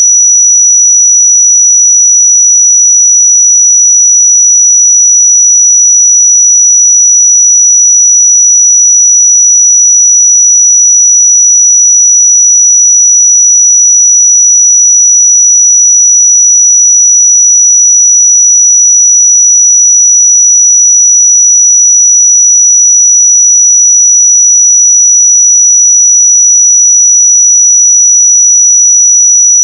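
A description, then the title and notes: A pure sine tone at 5877 Hz holds perfectly steady for the full thirty seconds. It is a single thin, high, piercing whistle with constant loudness and no breaks, wavering or other sounds behind it. 5877 Hz 1 Hz Interval Sine Pure Tone Frequency 441000 Sample Mono.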